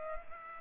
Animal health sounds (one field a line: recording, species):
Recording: mosquito wingbeat signal from an infrared sensor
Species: Culex pipiens